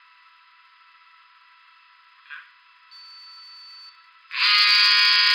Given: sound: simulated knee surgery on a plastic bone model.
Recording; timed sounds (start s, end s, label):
surgical tools on bone
4.46	5.35	sawing